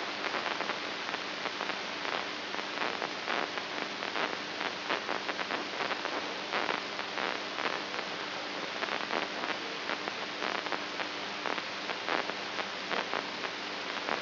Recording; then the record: brain microelectrode recording played as sound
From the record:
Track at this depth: outside the subthalamic nucleus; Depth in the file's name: 6.108 mm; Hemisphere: right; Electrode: 2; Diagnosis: Parkinson's disease